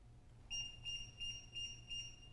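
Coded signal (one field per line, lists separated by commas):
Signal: beep code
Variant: Sargent and Greenleaf 2740B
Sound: five short high-pitched electronic beeps, evenly spaced, about three per second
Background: low hum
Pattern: 5 short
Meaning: The lock is properly calibrated to zero and ready for operation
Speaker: I got five beeps and that tells me that the lock is properly calibrated to zero and it's ready to be put through some of its Paces now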